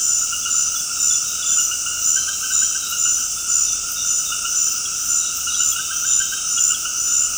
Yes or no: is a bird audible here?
no